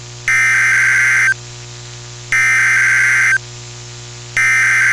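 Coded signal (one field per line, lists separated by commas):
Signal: Emergency Alert System (SAME) tones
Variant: header bursts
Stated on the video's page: Winter storm warning alert tones from a NOAA weather radio station, received over the air with an SDR.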